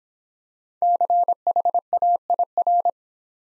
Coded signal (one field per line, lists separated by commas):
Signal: Morse code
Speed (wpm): 26 wpm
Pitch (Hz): 700 Hz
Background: none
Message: CHAIR